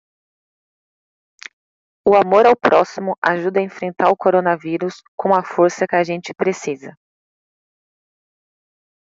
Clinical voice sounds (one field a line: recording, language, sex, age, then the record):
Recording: spoken sentence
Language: Brazilian Portuguese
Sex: female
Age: 20 to 29 years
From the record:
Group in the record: control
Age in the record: 29 years